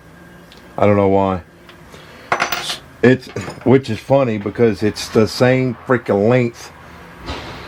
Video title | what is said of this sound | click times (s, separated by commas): Day 24 as apartment maintenance | it won't lock into the drill | none